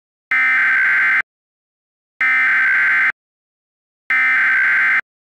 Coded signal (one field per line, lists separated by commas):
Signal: Emergency Alert System (SAME) tones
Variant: header bursts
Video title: EAS mock: Solaria Chaos